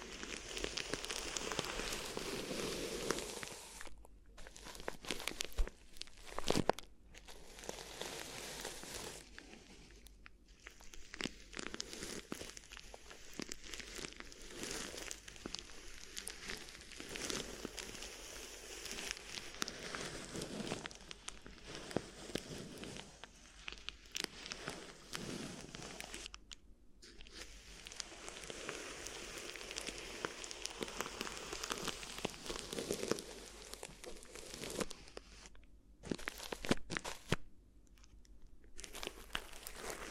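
Crinkly ear massage sounds, a dense, rustling crackle that runs almost continuously, with brief silent gaps near 4, 10, 27 and 37 seconds.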